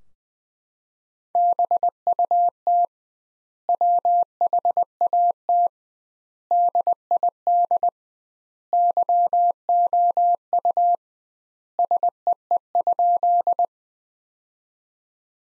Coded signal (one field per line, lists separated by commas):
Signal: Morse code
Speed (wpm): 20 wpm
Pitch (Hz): 700 Hz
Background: none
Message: BUT WHAT DID YOU SEE?